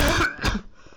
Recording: coughing mixed with background sound